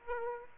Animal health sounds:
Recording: mosquito wingbeat signal from an infrared sensor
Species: Aedes aegypti

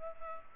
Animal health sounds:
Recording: mosquito wingbeat signal from an infrared sensor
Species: Culex pipiens

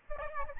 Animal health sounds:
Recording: mosquito wingbeat signal from an infrared sensor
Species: Aedes albopictus

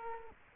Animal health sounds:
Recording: mosquito wingbeat signal from an infrared sensor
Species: Culex quinquefasciatus

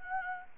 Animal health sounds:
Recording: mosquito wingbeat signal from an infrared sensor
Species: Anopheles gambiae

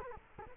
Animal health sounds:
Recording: mosquito wingbeat signal from an infrared sensor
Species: Culex quinquefasciatus

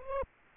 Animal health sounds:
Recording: mosquito wingbeat signal from an infrared sensor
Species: Aedes aegypti

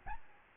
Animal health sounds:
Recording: mosquito wingbeat signal from an infrared sensor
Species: Aedes albopictus

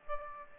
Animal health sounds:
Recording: mosquito wingbeat signal from an infrared sensor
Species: Aedes aegypti

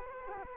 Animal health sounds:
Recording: mosquito wingbeat signal from an infrared sensor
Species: Culex quinquefasciatus

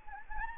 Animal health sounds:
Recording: mosquito wingbeat signal from an infrared sensor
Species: Anopheles gambiae

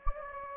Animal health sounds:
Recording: mosquito wingbeat signal from an infrared sensor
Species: Anopheles gambiae

